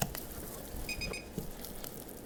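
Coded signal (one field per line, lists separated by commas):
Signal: none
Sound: kitchen timer beeps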